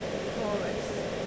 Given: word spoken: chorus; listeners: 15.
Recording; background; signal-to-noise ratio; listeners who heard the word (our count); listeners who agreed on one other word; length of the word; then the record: one English word in noise, from a listening test; speech-shaped noise; -4.6 dB; 4 of 15; 6 of 15; 0.87 s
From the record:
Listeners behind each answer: 6, 4, 3, 1, 1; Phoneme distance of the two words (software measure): 10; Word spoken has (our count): 2 syllables, 5 phonemes, stress on syllable 1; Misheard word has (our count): 2 syllables, 5 phonemes, stress on syllable 1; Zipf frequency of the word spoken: 3.84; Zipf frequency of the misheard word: 2.84